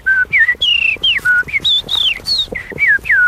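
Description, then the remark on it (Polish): A person whistles an imitation of blackbird song: a quick run of short, clear fluting phrases that swoop up and down in pitch, fairly loud and with no talking. “Kosy lubią ze mną bardzo często rozmawiać.”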